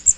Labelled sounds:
Magnolia Warbler (Setophaga magnolia) flight call

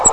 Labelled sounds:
Grace's Warbler (Setophaga graciae) flight call

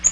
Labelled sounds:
Bay-breasted Warbler (Setophaga castanea) flight call

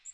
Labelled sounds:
Magnolia Warbler (Setophaga magnolia) flight call

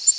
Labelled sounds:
Tennessee Warbler (Leiothlypis peregrina) flight call

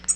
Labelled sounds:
Tennessee Warbler (Leiothlypis peregrina) flight call

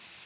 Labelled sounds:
Worm-eating Warbler (Helmitheros vermivorum) flight call

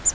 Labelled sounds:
Grace's Warbler (Setophaga graciae) flight call

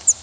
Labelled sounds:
Northern Parula (Setophaga americana) flight call

